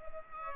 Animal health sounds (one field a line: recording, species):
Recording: mosquito wingbeat signal from an infrared sensor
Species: Culex pipiens